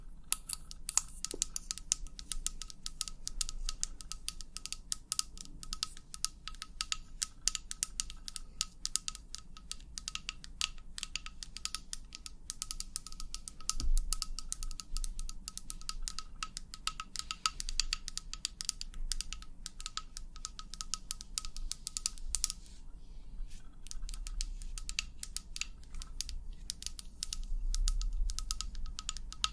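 Dense, rapid tapping clicks run throughout, irregular and bright, over a steady low hum and a faint constant high tone.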